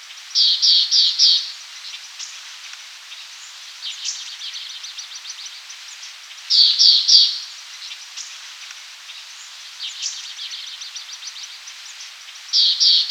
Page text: Nepal Fulvetta Calls. Quick Sounds